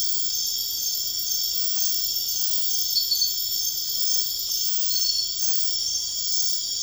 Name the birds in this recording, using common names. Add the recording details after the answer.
none. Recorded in dense forest near Puerto Asís, Putumayo, Colombia, on 21 February 2024 at 03:00. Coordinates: 0.500, -76.322. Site G6465